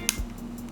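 The second detachable controller of a Nintendo Switch handheld console is slid onto the console's other side rail and gives a single sharp click at 0.1 s, followed by a brief low thump. The controller is seated on the rail, and only quiet background hiss follows.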